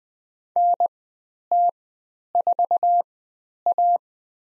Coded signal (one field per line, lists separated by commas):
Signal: Morse code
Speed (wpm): 20 wpm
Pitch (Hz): 700 Hz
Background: none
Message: NT4A